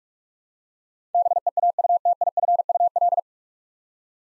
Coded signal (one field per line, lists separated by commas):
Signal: Morse code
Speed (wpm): 44 wpm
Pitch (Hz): 700 Hz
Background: none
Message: BEAUTIFUL